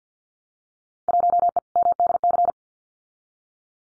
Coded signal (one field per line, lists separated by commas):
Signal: Morse code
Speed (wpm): 50 wpm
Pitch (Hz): 700 Hz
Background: none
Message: 1E MDC